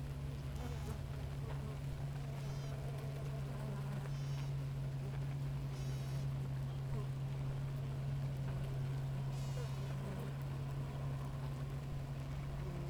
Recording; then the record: honeybee colony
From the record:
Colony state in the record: active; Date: 28 July 2017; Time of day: 7:20